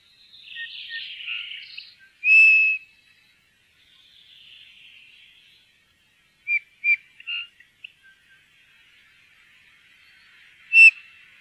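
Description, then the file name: Eurasian bullfinch with a few plain whistled call notes, one held longer, then short clipped notes and a final sharp note, over faint background birdsong early on. "dompap"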